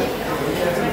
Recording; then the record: background sound without coughing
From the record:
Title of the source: 40 min - Ambience sounds UNIVERSITY lunchroom chatting